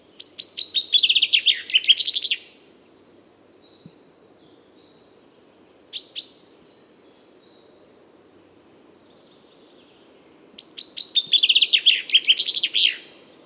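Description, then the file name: Common chaffinch singing two rapid, descending, rattling phrases about ten seconds apart, each ending in a flourish, with a short pair of high notes between them over a faint low hum. "Fringilla coelebs"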